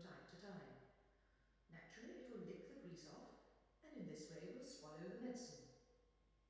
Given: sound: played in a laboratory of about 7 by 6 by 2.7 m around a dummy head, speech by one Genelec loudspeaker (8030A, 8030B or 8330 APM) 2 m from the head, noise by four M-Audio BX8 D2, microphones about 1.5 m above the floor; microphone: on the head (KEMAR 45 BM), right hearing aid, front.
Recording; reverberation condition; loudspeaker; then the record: female speech in English; high; 150 degrees to the left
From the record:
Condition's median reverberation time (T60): about 1300 ms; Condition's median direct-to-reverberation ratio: about -4.0 dB